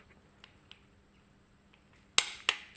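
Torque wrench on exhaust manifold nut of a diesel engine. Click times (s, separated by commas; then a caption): 2.2 s. A torque wrench set to 30 N·m, the value specified in the technical manual, is tightened on an exhaust manifold nut of a Peugeot 307 HDi diesel engine. After faint small ticks at 0.4 s and 0.7 s, the wrench gives a sharp click at 2.2 s, followed by a second loud snap at 2.5 s. The wrench has clicked at its 30 N·m setting.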